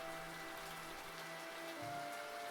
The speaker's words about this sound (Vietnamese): Trời càng về đêm lại càng mưa tầm tã, mưa như chút nước.